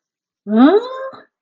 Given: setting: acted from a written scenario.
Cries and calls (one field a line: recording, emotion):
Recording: vocal sound without words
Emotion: confusion